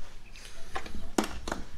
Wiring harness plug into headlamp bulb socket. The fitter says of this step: And then this goes here, like that. That one snap.